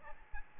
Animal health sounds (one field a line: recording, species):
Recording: mosquito wingbeat signal from an infrared sensor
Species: Aedes albopictus